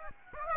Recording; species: mosquito wingbeat signal from an infrared sensor; Aedes aegypti